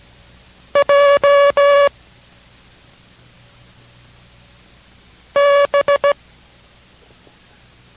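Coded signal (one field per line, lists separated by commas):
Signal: Morse code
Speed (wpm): 17 wpm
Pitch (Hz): 570 Hz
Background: music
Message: J B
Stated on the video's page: Morse code course lesson, learning code by sound, progressing over 12 lessons to five words per minute.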